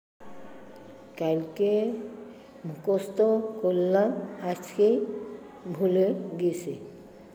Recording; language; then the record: elicited speech; Bengali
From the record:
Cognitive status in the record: dementia